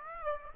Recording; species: mosquito wingbeat signal from an infrared sensor; Aedes aegypti